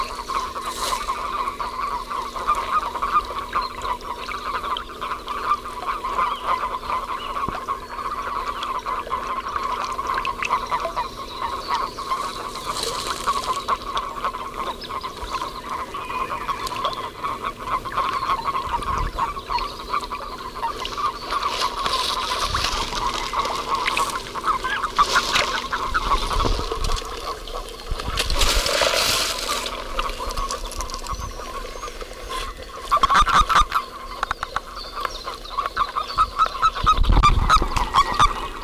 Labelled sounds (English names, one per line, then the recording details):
Common Toad call
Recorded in the wild
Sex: male
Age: adult
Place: Strausberg, Brandenburg, DE
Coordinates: 52.5478, 13.8744
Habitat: lake
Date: 1969-04-26
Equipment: Uher 4200, Telefunken-Mikrofon, Vorverstärker 2
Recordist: Tembrock, Günter